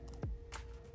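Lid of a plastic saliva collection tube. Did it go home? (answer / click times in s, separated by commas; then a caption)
no / none. The funnel lid of a plastic saliva collection tube from a DNA test kit is handled and pushed toward closing. Short, sharp plastic taps and a low thump come over quiet music, but nothing has seated or clicked yet; the lid is not yet home.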